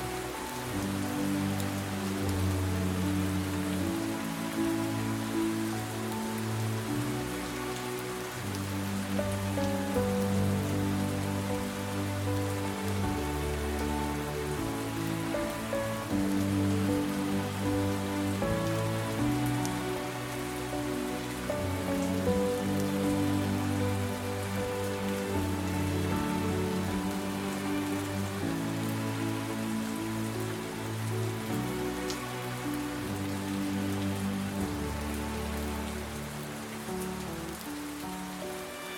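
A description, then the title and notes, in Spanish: Heavy rain pours steadily throughout, a dense, even hiss that fills the upper range. Underneath, soft music plays with sustained low and mid tones that shift slowly from chord to chord, continuous, without any sharp breaks. Los sonidos relajantes de una lluvia intensa acompañados de música suave. LLUVIA y MÚSICA.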